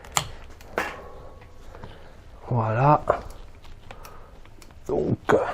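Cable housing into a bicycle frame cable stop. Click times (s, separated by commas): 0.2 s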